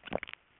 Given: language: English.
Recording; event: throat vibration sensor signal played as sound; swallow